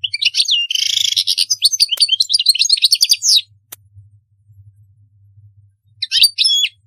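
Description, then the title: European goldfinch song: a long run of fast liquid twitters and buzzy trills, then silence and a short closing burst of chirps; faint low hum in the background. "Chant Chardonneret"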